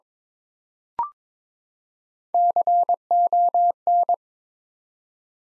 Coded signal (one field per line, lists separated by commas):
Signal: Morse code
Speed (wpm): 21 wpm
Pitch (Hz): 700 Hz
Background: none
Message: CON